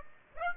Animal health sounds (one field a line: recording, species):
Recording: mosquito wingbeat signal from an infrared sensor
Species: Aedes aegypti